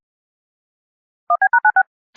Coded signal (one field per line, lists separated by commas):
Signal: DTMF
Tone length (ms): 80 ms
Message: 1B#96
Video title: Child abduction emergency Eas #5